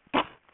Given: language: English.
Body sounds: throat vibration sensor signal played as sound; cough

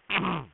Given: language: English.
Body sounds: throat vibration sensor signal played as sound; throat clearing

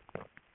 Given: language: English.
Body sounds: throat vibration sensor signal played as sound; swallow

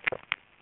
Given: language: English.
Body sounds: throat vibration sensor signal played as sound; swallow

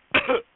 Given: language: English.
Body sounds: throat vibration sensor signal played as sound; cough

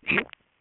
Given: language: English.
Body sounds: throat vibration sensor signal played as sound; swallow

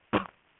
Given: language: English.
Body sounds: throat vibration sensor signal played as sound; cough

